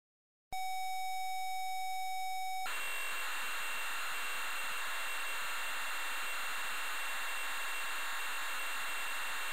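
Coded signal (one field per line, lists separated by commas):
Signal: computer data on cassette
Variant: Amstrad CPC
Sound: brief silence, two-second steady buzzy lead tone, then continuous harsh screeching data noise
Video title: Camelot Warriors (Amstrad CPC) - Full tape loading sequence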